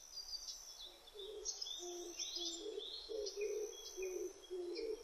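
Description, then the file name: Oriental turtle dove cooing, low hoarse notes repeated in a steady series, while other birds chirp and whistle higher in the background. Recorded on 25 June 2006. "060625 kijibato"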